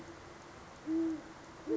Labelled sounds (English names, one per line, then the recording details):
Great Horned Owl
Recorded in Sonoma County, California